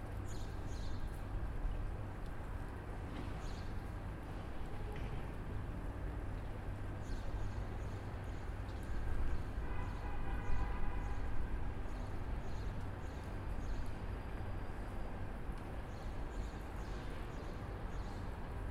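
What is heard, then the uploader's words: A calm city scene with a steady low rumble of traffic and a hum underneath. Faint clicks and knocks come and go, possibly hooves or footsteps, and around ten seconds a brief tonal sound, like a horn or voice, rises slightly above the background. The Calm City. Recorded in Torvalmenningen in Bergen. This is a Binaural mixdown from 1st order ambisonic.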